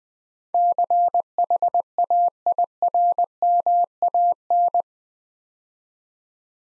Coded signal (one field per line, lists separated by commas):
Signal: Morse code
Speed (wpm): 20 wpm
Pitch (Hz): 700 Hz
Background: none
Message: CHAIRMAN